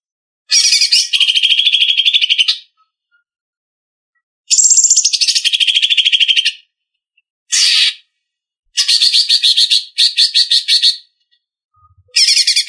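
Leafbird song: bursts of fast, rattling chatter and bright notes, some long and some short, separated by short silences.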